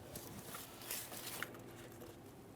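A plastic electrical connector on the cooling fan wiring harness of a 2014-2018 Toyota Corolla radiator fan assembly is lined up and handled at the fan motor socket. Soft handling noises and light taps are heard, with a short sharp tick near 1.4 s. Nothing has seated or clicked yet.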